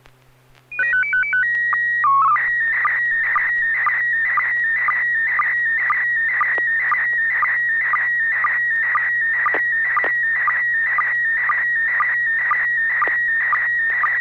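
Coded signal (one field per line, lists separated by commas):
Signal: SSTV (slow-scan television)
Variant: PD 120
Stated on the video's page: SSTV net on an FM repeater at 441.300 MHz, Sacramento, CA, Wednesdays 9 pm Pacific.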